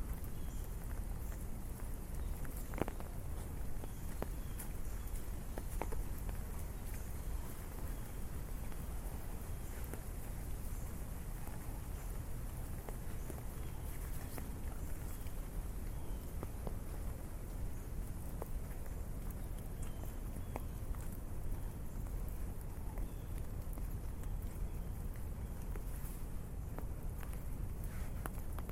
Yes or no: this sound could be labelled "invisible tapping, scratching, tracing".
no